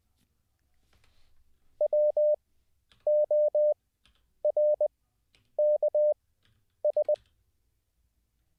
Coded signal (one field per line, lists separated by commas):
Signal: Morse code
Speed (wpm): 20 wpm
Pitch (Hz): 600 Hz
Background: none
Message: WORKS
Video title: How To Learn Morse Code LIVE with N0SSC (Day 24)